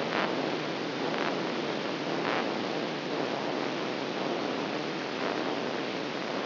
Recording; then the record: brain microelectrode recording played as sound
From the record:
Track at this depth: inside the subthalamic nucleus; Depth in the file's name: 3.327 mm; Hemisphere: left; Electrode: 3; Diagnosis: Parkinson's disease